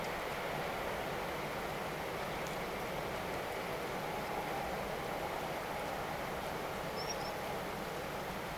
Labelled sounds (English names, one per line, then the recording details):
Common Sandpiper
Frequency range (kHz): Common Sandpiper 4.8-5.9 kHz
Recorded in France